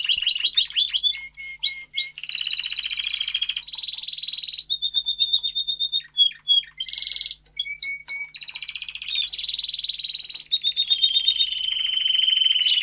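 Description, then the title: Domestic canary song: varied rapid trills and chattering phrases, changing every second or two, with brief gaps between some passages. Belgian canary male singing a lot, used for training and warming up young canaries. "Esquente Seu Filhote E Canario Belga Em 30 Minutos Macho Cantando Muito"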